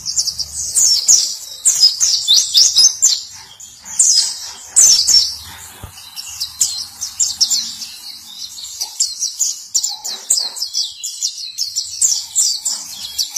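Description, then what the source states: White-eye song: dense, high twittering of rapid chirps and short trills, running almost continuously with brief pauses and a few quieter gaps. Long, melodious song.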